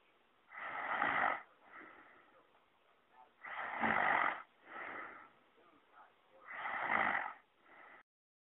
Human snoring girl snoring sound.